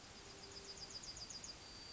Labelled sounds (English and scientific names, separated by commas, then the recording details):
Yellowhammer (Emberiza citrinella) song
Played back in forest
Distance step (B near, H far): G
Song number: 118